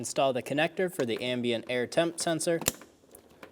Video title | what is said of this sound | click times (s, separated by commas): How to Replace Headlight Brackets 2012-2020 Chevrolet Sonic | push until you hear a click lock it down give it a pull make sure it's locked on | 3.1 s, 3.4 s